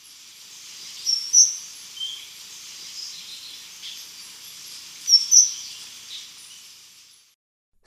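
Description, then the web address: Choco Warbler calls: two pairs of sharp, very high chips about four seconds apart, with faint softer high notes between them over a quiet hiss. Recorded in Ecuador. "Natures Songs S America Birds of Ecuador Choco Warbler"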